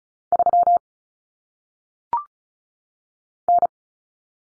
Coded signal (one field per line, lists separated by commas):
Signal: Morse code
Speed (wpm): 36 wpm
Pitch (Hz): 700 Hz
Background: none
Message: 3 N